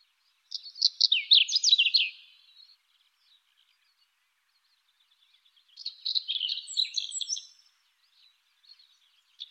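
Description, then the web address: European stonechat singing two short, scratchy, twittering phrases, each about two seconds long, separated by a few seconds of quiet. "IVN Zangvogels. Roodborsttapuit"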